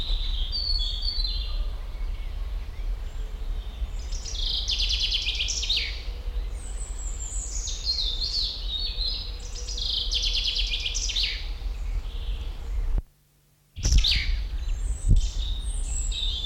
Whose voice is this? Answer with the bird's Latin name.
Fringilla coelebs